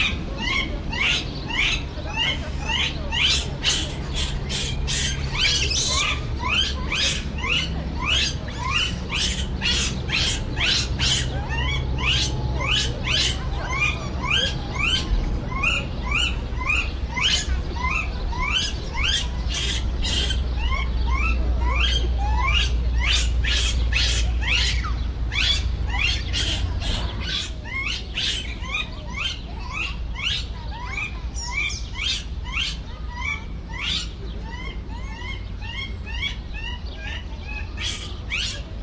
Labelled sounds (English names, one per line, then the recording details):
Japanese Macaque
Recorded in captivity
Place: Zoo Berlin, Berlin, DE
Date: 1994-05-07
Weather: heiter, 12-18°C
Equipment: Marantz CP 430, Sennheiser ME 80, Kopie Uher Variocord 263
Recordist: Tembrock, Günter
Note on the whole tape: Laute eines Tieres nach Fütterung (nicht zu sehen)